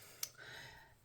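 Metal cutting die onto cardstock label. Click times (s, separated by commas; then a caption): 0.2 s. A metal cutting die is moved over a cardstock label until it lines up with the holes already cut in the paper, and it clicks into place at 0.2 s with a short, sharp tick. After the click, a faint sliding rustle continues while the die sits seated and aligned.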